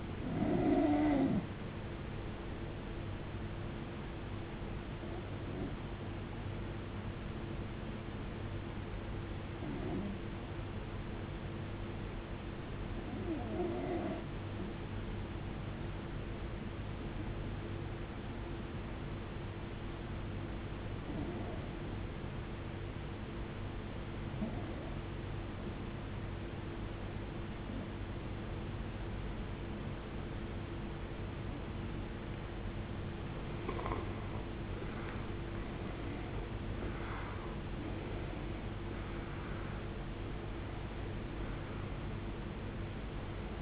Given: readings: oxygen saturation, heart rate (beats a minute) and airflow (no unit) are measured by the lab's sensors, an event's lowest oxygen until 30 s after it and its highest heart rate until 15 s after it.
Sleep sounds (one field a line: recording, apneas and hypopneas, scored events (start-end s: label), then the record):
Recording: breathing in sleep by a voice recorder at the bedside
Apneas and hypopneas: 1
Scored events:
8.00-34.60 s: hypopnea (N1, oxygen 94% highest, then 85% lowest, heart rate 56 at the start, 74 highest)
18.00-43.62 s: new sleep stage, N2 (light sleep)
From the record:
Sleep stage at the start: N1 (lightest sleep)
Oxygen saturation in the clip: 89 to 94%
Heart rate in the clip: 55 to 74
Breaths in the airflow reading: 9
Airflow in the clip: -17.3 to 17.8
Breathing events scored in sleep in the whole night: 389 in 6.3 hours asleep